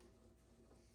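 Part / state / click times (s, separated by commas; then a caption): cleaned filter going back into a cordless stick vacuum body / not seated / none. A cleaned filter is being handled and pushed back toward its groove in a cordless Dyson stick vacuum body, with only a steady low hum and faint handling rustle heard. Nothing has seated or clicked yet.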